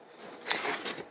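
A tongue-and-groove foam battery bay hatch is pushed into the fuselage of an FMS 1220 Ranger V2 RC trainer plane. A single sharp snap at 0.5 s rises above a soft background rustle, followed by fainter handling sounds. The hatch seats in place.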